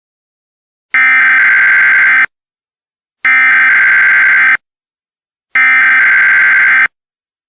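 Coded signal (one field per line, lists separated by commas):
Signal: Emergency Alert System (SAME) tones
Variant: header bursts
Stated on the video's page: Fictional EAS scenario.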